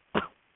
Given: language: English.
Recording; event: throat vibration sensor signal played as sound; cough